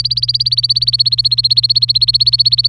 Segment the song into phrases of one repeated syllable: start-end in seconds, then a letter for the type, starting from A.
0.00-2.69 A